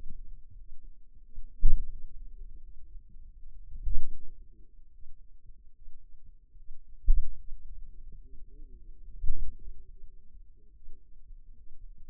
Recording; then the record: forearm muscle sounds (acoustic myography)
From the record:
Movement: pen grasping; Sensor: system 2, bracelet of six BSWA MPA416 microphones around the upper forearm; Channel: 5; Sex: male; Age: 22 years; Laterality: right